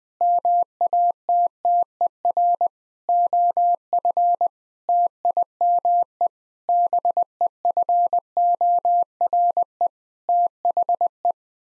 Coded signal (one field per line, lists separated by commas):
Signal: Morse code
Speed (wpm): 20 wpm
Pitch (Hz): 700 Hz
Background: none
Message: MATTER OF TIME BEFORE THE